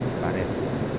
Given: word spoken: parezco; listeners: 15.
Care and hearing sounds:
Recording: one Spanish word in noise, from a listening test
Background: speech-shaped noise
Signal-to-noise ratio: -6.2 dB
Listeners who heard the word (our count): 0 of 15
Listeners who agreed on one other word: 6 of 15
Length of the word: 0.59 s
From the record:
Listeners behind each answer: 6, 4, 4, 1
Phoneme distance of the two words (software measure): 24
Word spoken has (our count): 3 syllables, 7 phonemes, stress on syllable 2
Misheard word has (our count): 2 syllables, 5 phonemes, stress on syllable 2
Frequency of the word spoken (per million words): 1.80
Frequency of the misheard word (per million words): 44.55

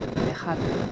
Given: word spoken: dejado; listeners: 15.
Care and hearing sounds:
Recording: one Spanish word in noise, from a listening test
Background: noise modulated by three-talker babble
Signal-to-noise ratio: -3.6 dB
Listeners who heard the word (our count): 1 of 15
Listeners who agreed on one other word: 7 of 15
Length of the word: 0.52 s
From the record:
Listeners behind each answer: 7, 4, 2, 1, 1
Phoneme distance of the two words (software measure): 17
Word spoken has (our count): 3 syllables, 6 phonemes, stress on syllable 2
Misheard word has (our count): 2 syllables, 5 phonemes, stress on syllable 2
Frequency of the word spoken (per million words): 79.79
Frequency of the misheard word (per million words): 147.47

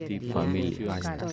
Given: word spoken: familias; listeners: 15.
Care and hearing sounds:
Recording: one Spanish word in noise, from a listening test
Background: four-talker babble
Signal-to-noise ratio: -0.2 dB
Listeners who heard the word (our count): 3 of 15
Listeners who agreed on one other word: 12 of 15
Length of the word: 0.93 s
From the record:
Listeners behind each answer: 12, 3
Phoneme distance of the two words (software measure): 7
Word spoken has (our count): 3 syllables, 8 phonemes, stress on syllable 2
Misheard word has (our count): 3 syllables, 7 phonemes, stress on syllable 2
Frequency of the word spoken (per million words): 66.21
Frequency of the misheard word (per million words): 244.99

